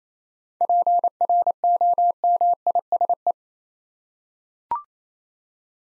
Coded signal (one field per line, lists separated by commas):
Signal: Morse code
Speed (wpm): 29 wpm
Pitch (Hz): 700 Hz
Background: none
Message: PROMISE